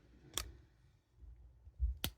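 Plastic upgrade wings are pressed with a little pressure onto a Transformers Legacy United Slipstream transforming robot figure, giving two sharp plastic clicks at 0.4 s and 2.0 s over faint low handling rustle. The wings pop into place and are seated.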